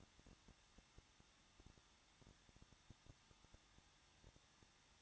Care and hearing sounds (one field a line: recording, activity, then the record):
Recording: daily activity, microphone in the room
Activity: no activity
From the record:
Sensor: 3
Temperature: 21.2 degrees Celsius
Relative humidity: 36.3%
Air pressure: 1006.3 hPa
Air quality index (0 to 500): 222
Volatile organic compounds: 42 ppm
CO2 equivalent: 3178 ppm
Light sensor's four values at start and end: 2/3/2/2 and 2/3/2/2